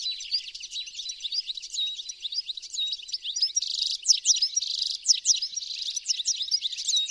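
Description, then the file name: European goldfinch calls: busy high twittering with sharp chirps and quick slurred notes. "Carduelis carduelis"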